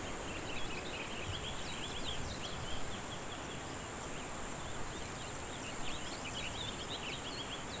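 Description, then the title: Cicadas in a continuous high-pitched buzz, with a lively stream of bird chirps and a heavy low rumble of background noise. "neoscenes: cicadas"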